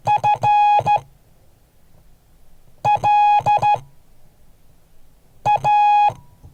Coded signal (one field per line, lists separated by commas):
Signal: Morse code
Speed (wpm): 12 wpm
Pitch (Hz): 830 Hz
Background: none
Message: FLA